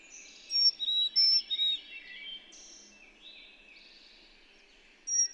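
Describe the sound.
Bird song of several clear whistled notes at high and mid pitch early on, followed by softer warbling and a final high whistle.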